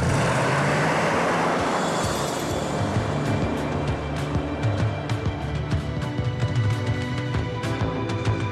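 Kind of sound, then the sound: vehicle, car driving on road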